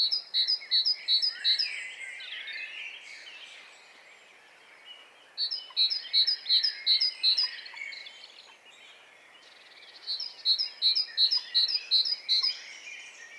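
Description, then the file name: Great tit song: bright two-note phrases repeated about three times a second in three bursts, with softer warbling and chirps from other birds between them. "Parus major"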